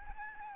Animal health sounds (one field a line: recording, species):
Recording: mosquito wingbeat signal from an infrared sensor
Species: Aedes albopictus